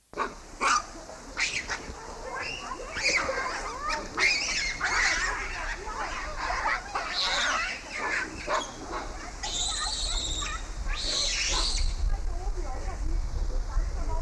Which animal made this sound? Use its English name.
Hamadryas Baboon